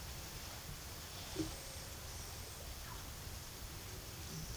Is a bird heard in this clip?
no